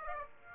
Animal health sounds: mosquito wingbeat signal from an infrared sensor; Aedes aegypti

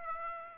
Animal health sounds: mosquito wingbeat signal from an infrared sensor; Aedes aegypti

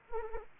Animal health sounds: mosquito wingbeat signal from an infrared sensor; Anopheles arabiensis

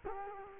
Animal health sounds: mosquito wingbeat signal from an infrared sensor; Culex quinquefasciatus

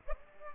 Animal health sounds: mosquito wingbeat signal from an infrared sensor; Aedes aegypti

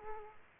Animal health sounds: mosquito wingbeat signal from an infrared sensor; Aedes aegypti

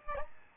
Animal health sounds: mosquito wingbeat signal from an infrared sensor; Aedes albopictus

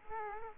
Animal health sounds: mosquito wingbeat signal from an infrared sensor; Culex quinquefasciatus

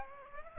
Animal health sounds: mosquito wingbeat signal from an infrared sensor; Aedes aegypti

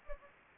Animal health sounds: mosquito wingbeat signal from an infrared sensor; Anopheles gambiae

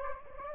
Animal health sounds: mosquito wingbeat signal from an infrared sensor; Anopheles gambiae

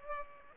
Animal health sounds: mosquito wingbeat signal from an infrared sensor; Culex pipiens

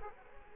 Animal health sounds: mosquito wingbeat signal from an infrared sensor; Culex quinquefasciatus

